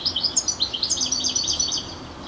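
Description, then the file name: European goldfinch giving rapid, liquid, high tinkling twitters in quick succession. "Carduelis carduelis"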